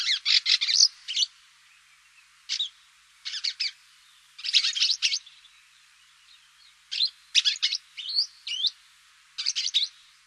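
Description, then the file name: Swallow twittering calls, bursts of quick high chirps and short warbled notes in clusters spaced every second or two, with brief pauses between groups. "Hirondelle"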